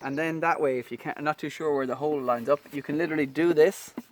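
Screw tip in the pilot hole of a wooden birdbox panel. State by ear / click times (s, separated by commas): not seated / none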